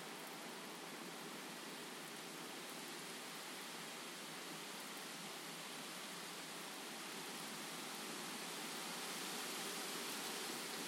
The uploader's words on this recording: Massive storm blew through. Set up the field recorder to capture it.